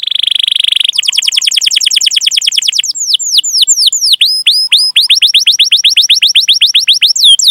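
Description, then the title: Atlantic canary song: a short buzzy roll, then long runs of rapid chirps and slurred notes, loud and continuous throughout. Canary singing actively (gacor), with its best song style (cengkok) and richest fill-in phrases (isian). "Kenari Gacor Cengkok Terbaik Isian Paling Mewah Kenarigacor Kicaumania Kenari"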